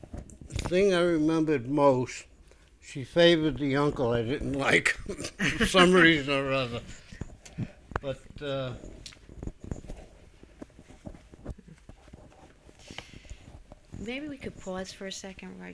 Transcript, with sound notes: thing I remembered most, she favored the uncle I didn't like. ( they laugh ) For some reason or other. But, uh... ( disturbance to the microphone )
Maybe we can pause for a second.